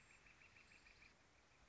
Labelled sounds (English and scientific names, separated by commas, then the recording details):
Northern Flicker (Colaptes auratus)
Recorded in Sonoma County, California